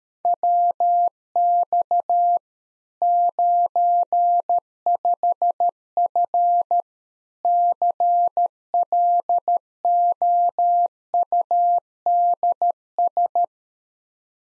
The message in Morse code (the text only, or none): WX 95F CLOUDS